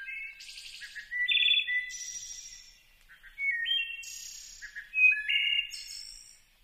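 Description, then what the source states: Wood thrush song: flute-like phrases, each a clear note or two followed by a rapid metallic trill, changing pitch from phrase to phrase with short pauses between. Played from a field recording; described as changing keys, with a multiphonic, horn-like quality.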